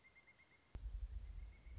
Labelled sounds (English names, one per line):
Pileated Woodpecker